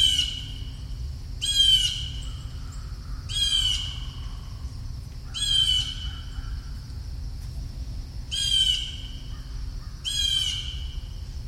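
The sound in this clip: Bird repeating a grating squawk six times, roughly every two seconds, each burst coarse and nasal, over a constant low hum.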